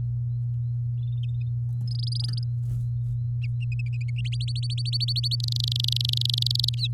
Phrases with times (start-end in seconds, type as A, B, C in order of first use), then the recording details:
1.88-2.44 A, 4.24-5.36 B, 5.40-6.75 C. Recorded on 8 May 2018 at 12:10. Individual llb16